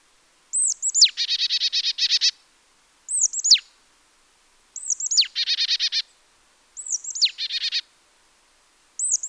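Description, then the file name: Marsh tit giving sharp descending high notes followed by a rapid run of harsh, buzzy repeated notes, phrases repeating roughly every two seconds, one brief without the chatter. "Poecile palustris"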